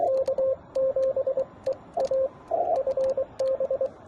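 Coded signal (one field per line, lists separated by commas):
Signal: Morse code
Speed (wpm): 23 wpm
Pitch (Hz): 530 Hz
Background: radio noise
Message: K7EA FB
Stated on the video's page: Morse code contacts during a Parks On The Air activation at a national historic park.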